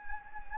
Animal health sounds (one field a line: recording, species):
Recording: mosquito wingbeat signal from an infrared sensor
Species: Anopheles gambiae